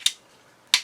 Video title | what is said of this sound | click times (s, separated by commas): Number Robot Review part 2 | is going to just snap into place | 0.7 s